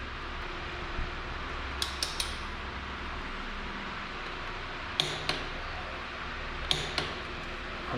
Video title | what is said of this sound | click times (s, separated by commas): Front Brake Line Replacement and Brake Switch Install - YZ450FX | like to do two clicks just to verify perfect | 5.0 s, 6.7 s